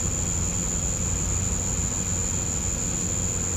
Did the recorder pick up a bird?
no